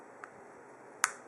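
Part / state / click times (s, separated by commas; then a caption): plastic kickstand on a phone case back / seated / 1.0 s. The thin plastic kickstand on the back of a Spigen Slim Armor rubber-and-plastic case for a Galaxy S7 is flipped out and snaps into position, seating with one sharp, bright click at 1.0 s. A much fainter tick comes just before at 0.2 s. The mechanism is judged flimsy, just a little click.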